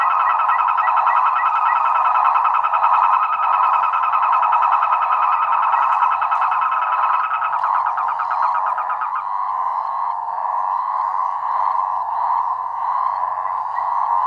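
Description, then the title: Frogs and toads chorusing, a loud steady drone with rapid pulsed trills and short high repeated notes that stop partway through. Chorus of frogs and toads after spring rain, near San Javier, Córdoba region, Argentina. "Orgie de batraciens, Cordoba (AR)"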